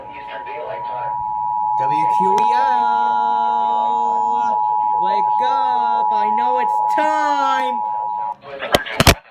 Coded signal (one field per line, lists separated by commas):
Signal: Emergency Alert System (SAME) tones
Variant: 853 and 960 Hz attention tone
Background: speech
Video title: some EAS alert not too much ¯\_(ツ)_/¯ | EAS #38 - 52